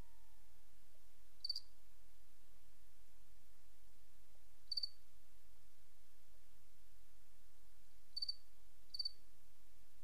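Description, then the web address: Cricket chirps, four short high pulsed chirps at uneven intervals over a low steady hiss. Recorded 28 August 2007. "white-noise Crickets 28 aug 07"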